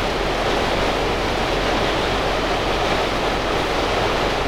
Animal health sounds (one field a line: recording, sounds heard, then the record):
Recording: poultry house recording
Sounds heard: no chicken sound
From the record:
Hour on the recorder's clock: 8